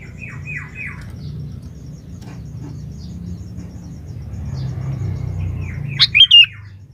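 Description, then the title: Sooty-headed bulbul song: a few soft downslurred notes at the start, a quiet stretch, then a short loud burst of bubbly, warbled notes near the end over low rumbling background noise. "Kutilang"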